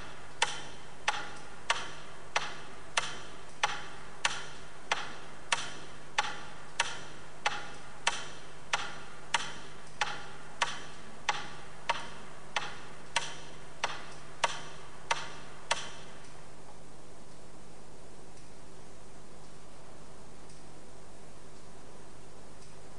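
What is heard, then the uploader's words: A metronome ticks with sharp, bright clicks at a steady pace of roughly one per second or a little faster, then stops at about sixteen seconds. A low, constant hum sits underneath throughout, and after the ticking ends only this faint hum remains. Unleash the metronomes.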